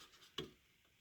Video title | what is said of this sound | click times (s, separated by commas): Cooler Master MasterAir MA610P Unboxing & Install | you'll hear it click in place and | 0.4 s